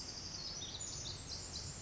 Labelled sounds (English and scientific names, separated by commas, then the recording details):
Pacific Wren (Troglodytes pacificus)
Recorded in Sonoma County, California